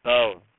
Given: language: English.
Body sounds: throat vibration sensor signal played as sound; speech

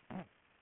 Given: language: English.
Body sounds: throat vibration sensor signal played as sound; throat clearing

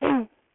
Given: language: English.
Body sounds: throat vibration sensor signal played as sound; throat clearing

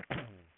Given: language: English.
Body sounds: throat vibration sensor signal played as sound; throat clearing

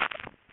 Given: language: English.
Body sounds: throat vibration sensor signal played as sound; swallow

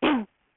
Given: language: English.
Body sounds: throat vibration sensor signal played as sound; cough

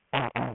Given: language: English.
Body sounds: throat vibration sensor signal played as sound; throat clearing

